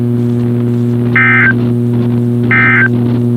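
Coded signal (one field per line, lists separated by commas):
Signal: Emergency Alert System (SAME) tones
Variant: end-of-message bursts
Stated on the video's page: Required Weekly Test on NOAA Weather Radio station WXK26.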